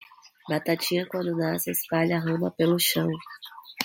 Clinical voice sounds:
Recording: short text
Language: Brazilian Portuguese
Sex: female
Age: 30 to 39 years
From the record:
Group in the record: control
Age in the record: 33 years

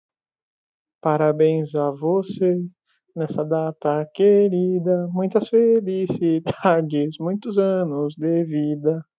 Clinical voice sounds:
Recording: short text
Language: Brazilian Portuguese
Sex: male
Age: 20 to 29 years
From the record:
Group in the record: control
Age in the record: 24 years

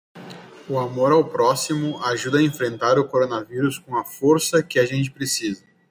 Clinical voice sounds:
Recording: spoken sentence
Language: Brazilian Portuguese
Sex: male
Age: 30 to 39 years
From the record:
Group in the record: control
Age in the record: 34 years

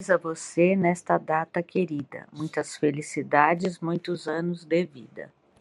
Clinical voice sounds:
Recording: short text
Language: Brazilian Portuguese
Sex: female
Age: 50 to 59 years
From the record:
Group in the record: control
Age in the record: 59 years

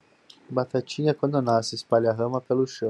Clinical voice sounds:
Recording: short text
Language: Brazilian Portuguese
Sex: male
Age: 30 to 39 years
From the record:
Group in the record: control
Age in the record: 30 years

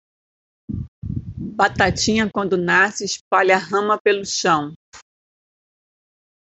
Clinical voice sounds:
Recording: short text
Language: Brazilian Portuguese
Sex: female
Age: 50 to 59 years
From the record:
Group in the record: control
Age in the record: 54 years

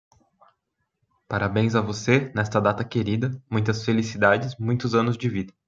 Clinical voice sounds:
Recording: short text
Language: Brazilian Portuguese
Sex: male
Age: 20 to 29 years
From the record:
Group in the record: control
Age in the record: 28 years

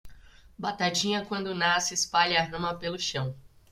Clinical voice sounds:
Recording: short text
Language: Brazilian Portuguese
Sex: female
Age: 30 to 39 years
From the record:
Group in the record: control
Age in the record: 32 years

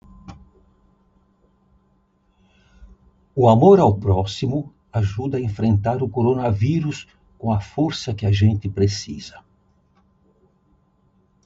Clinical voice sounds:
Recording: spoken sentence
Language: Brazilian Portuguese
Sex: male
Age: 80 to 89 years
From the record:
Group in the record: control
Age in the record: 84 years

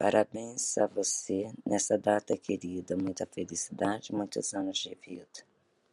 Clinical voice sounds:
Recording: short text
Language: Brazilian Portuguese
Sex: female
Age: 40 to 49 years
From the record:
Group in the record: control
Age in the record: 45 years

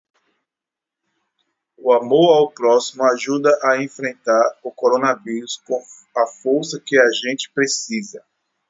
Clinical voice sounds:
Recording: spoken sentence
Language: Brazilian Portuguese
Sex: male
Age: 40 to 49 years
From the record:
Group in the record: control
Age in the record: 44 years

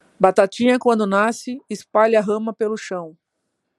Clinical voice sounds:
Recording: short text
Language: Brazilian Portuguese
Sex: female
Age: 40 to 49 years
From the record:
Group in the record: control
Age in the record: 48 years

